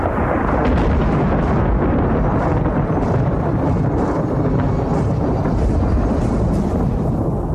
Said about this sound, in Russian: Раскат грома оглушил всех присутствующих, кто, теряя рассудок и связь с реальностью, наблюдал за пульсирующим сгустком энергии.